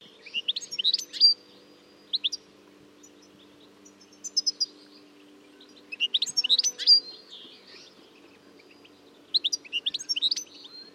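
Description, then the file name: European goldfinch song, bright twittering phrases of quick liquid notes and trills, delivered in bursts every few seconds, with a faint steady low hum behind. "Carduelis carduelis"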